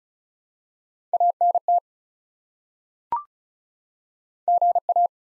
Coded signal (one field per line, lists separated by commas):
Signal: Morse code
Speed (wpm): 36 wpm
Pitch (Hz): 700 Hz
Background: none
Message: ANT GA